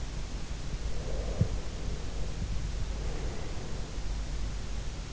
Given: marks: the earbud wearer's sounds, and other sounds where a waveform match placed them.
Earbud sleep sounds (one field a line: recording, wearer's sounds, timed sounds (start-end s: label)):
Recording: sounds in sleep by an in-ear microphone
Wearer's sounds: breath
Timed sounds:
0.82-2.22 s: breath
2.90-4.72 s: breath